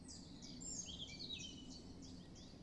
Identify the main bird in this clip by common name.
Common Chiffchaff